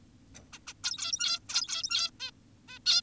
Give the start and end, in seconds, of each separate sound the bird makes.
0.53-0.59, 0.67-0.74, 0.84-1.40, 1.49-2.11, 2.20-2.31, 2.68-2.79, 2.86-3.02